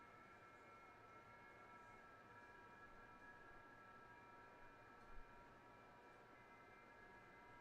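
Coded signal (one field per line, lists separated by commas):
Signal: FT8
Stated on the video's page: FT8 on an Alpha HOA Buster gutter antenna with an FMJ match.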